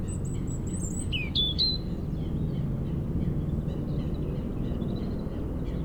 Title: 4 Chem. de la Pointe Forestier, 73100 Brison-Saint-Innocent, France - Duo rouge-gorge hélicoptère.